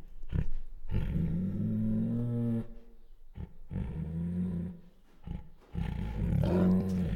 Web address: Sound Ideas Tigers Sound Effects. Female Bengal Tiger Chuffs, Growls and Whines